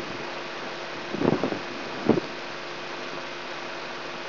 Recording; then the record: brain microelectrode recording played as sound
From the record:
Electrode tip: inside the subthalamic nucleus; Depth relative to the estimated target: -2 mm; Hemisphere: right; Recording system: AlphaMap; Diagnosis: Parkinson's disease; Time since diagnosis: 16 years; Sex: male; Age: 67 years